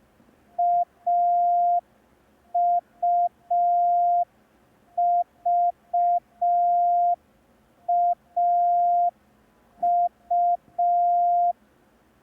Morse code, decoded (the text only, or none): AUVAU